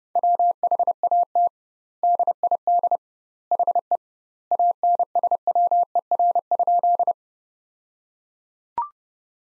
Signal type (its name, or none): Morse code